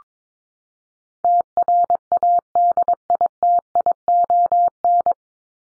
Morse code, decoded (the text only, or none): TRADITION